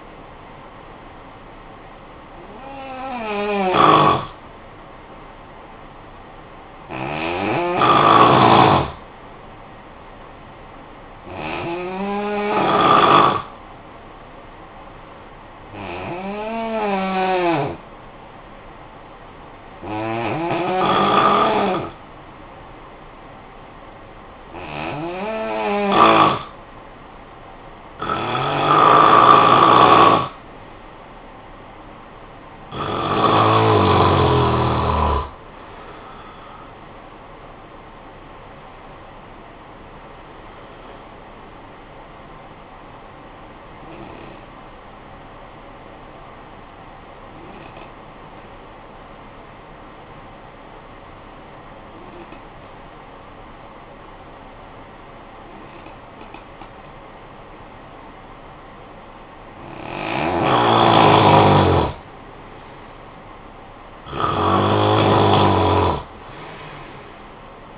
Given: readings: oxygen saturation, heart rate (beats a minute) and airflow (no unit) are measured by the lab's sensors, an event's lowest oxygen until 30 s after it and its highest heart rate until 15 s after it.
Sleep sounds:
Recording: breathing in sleep by a voice recorder at the bedside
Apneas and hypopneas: 2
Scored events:
4.00-27.90 s: hypopnea (N2, oxygen 95% highest, then 90% lowest, heart rate 51 at the start, 78 highest)
33.00-63.00 s: new sleep stage, N1 (lightest sleep)
47.00-62.30 s: obstructive apnea (N1, oxygen 95% highest, then 89% lowest, heart rate 54 at the start, 55 highest)
63.00-67.78 s: new sleep stage, N2 (light sleep)
From the record:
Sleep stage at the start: N2 (light sleep)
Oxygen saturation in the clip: 88 to 95%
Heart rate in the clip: 51 to 78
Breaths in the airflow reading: 11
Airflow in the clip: -14.1 to 14.4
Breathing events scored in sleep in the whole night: 445 in 7.6 hours asleep

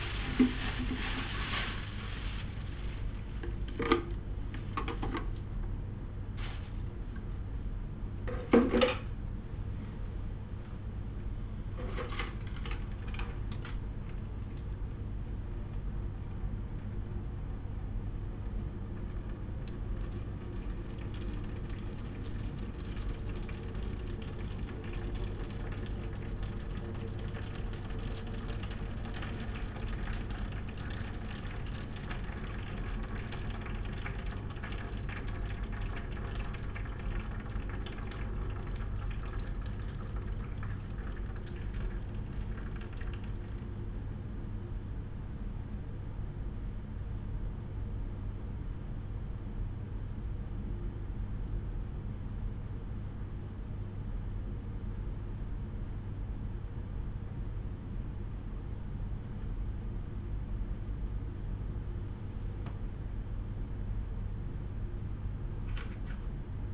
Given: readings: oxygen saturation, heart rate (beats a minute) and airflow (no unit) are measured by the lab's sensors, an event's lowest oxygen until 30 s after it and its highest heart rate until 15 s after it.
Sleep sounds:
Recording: a person awake in a sleep study, by a smartphone at the bedside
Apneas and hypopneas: 1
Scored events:
0.00-66.74 s: awake
19.00-60.40 s: hypopnea (scored as awake, oxygen 97% highest, then 95% lowest, heart rate 81 at the start, 98 highest)
From the record:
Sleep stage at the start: awake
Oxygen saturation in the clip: 95 to 98%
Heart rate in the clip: 79 to 98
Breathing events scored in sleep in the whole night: 187 in 7.2 hours asleep

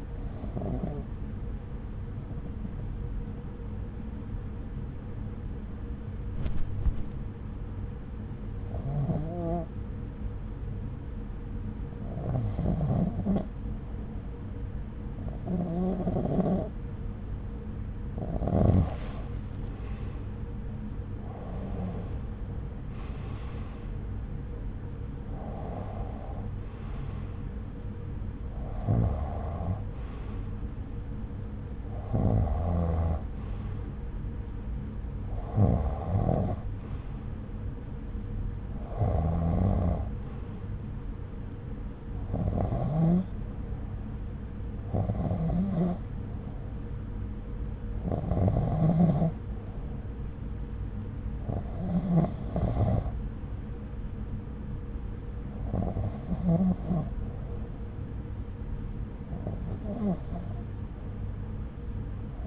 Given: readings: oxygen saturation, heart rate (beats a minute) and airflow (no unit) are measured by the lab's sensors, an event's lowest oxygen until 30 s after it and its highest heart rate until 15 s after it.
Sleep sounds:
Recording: breathing in sleep by a smartphone at the bedside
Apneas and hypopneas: none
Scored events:
13.00-62.47 s: new sleep stage, N1 (lightest sleep)
From the record:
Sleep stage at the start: REM sleep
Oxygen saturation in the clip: 90 to 96%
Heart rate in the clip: 66 to 72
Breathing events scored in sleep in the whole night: 303 in 8.1 hours asleep

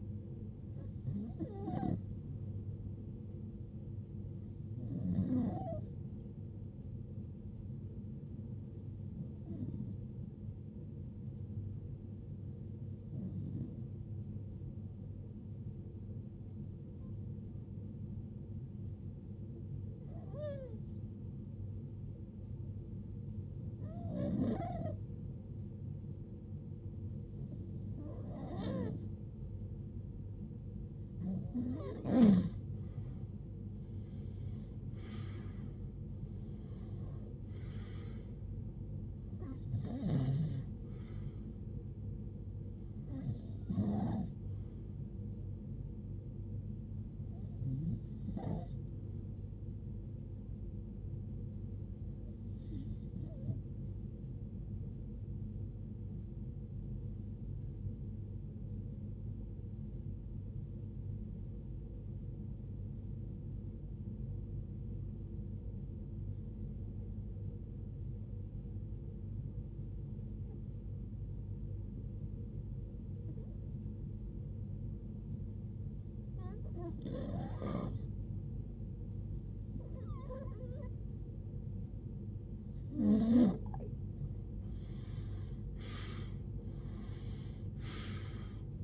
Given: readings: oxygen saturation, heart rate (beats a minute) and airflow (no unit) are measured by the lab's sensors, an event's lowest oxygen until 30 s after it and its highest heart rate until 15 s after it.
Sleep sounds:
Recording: breathing in sleep by a smartphone at the bedside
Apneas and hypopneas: 2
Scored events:
17.00-33.60 s: hypopnea (REM, oxygen 94% highest, then 91% lowest, heart rate 68 at the start, 82 highest)
60.00-83.60 s: hypopnea (REM, oxygen 92% highest, then 88% lowest, heart rate 66 at the start, 79 highest)
From the record:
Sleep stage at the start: REM sleep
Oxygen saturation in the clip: 87 to 94%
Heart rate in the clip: 55 to 82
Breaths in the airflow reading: 25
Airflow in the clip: -17.9 to 19.8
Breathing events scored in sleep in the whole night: 389 in 6.3 hours asleep

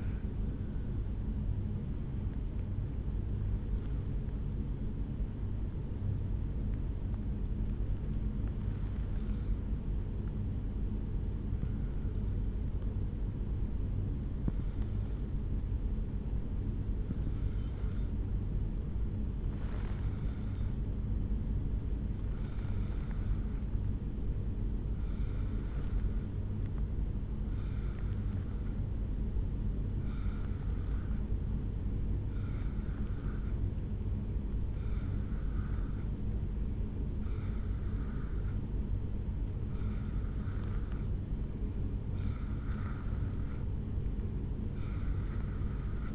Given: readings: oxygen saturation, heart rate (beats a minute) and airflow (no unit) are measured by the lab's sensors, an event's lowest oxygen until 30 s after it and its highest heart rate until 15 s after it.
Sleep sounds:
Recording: breathing in sleep by a smartphone at the bedside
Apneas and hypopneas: 1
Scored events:
3.00-37.00 s: hypopnea (N2, oxygen 97% highest, then 88% lowest, heart rate 56 at the start, 70 highest)
From the record:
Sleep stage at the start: N2 (light sleep)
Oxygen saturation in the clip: 87 to 97%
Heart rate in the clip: 55 to 70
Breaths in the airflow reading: 10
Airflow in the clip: -2.2 to 2.5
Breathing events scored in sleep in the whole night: 449 in 7.0 hours asleep

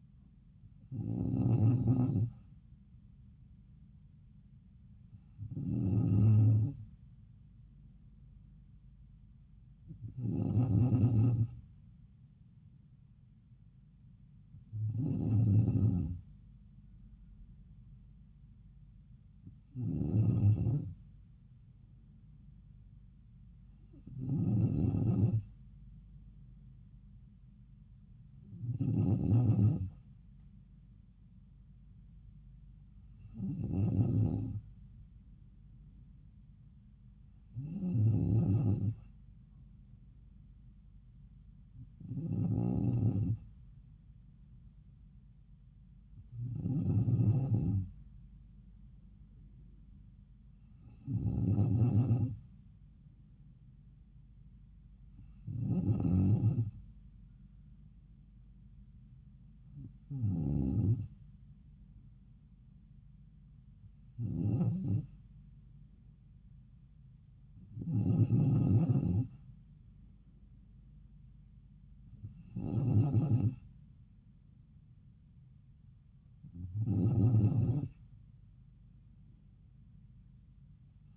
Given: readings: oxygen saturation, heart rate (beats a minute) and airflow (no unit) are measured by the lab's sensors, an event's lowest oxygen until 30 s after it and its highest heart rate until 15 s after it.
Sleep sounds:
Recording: breathing in sleep by a smartphone at the bedside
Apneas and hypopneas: none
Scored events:
none scored
From the record:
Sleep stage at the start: N2 (light sleep)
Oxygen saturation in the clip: 94%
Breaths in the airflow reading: 18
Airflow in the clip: -3.4 to 3.5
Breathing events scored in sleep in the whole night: 270 in 6.1 hours asleep

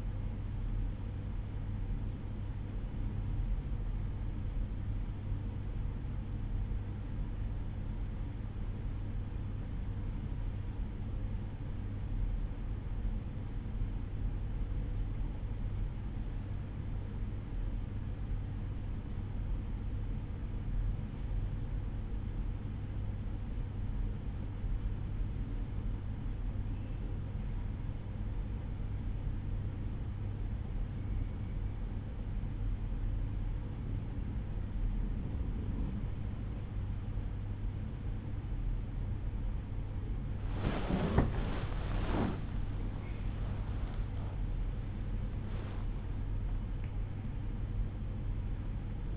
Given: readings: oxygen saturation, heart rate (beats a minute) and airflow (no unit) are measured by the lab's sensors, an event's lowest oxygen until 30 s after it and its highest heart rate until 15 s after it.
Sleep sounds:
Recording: breathing in sleep by a smartphone at the bedside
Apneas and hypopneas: 1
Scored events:
11.00-36.60 s: hypopnea (N1, oxygen 94% highest, then 93% lowest, heart rate 52 at the start, 69 highest)
26.00-49.17 s: new sleep stage, awake
28.00-49.17 s: awake
From the record:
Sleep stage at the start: N1 (lightest sleep)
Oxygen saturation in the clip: 93 to 94%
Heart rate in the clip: 51 to 69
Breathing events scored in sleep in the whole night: 305 in 9.6 hours asleep

